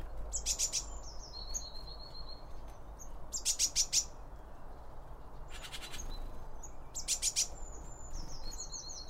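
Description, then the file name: Birds give thin high chirps and short whistled notes between loud rattling bursts that come every few seconds, over a constant low background hum. Birds around a bird feeder, recorded with two Line Audio OM1 microphones. "Birds Around Birdfeeding With Two Om 1 From Line Audio"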